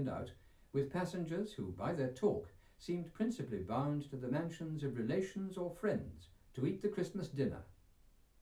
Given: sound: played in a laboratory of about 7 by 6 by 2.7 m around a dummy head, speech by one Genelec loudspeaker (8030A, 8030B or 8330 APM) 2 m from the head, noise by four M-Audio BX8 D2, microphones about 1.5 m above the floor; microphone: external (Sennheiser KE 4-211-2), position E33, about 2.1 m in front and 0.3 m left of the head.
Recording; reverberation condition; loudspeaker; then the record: male speech in English; low; 120 degrees to the right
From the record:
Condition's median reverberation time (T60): about 310 ms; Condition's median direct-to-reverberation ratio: about 3.5 dB